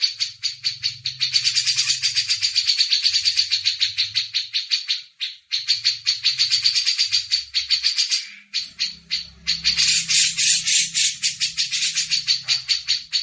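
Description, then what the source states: Grey-cheeked bulbul pouring out harsh, scratchy pulsed chatter at high pitch, broken by brief gaps, with a soft low hum beneath at times. Masteran (tutor song for training songbirds).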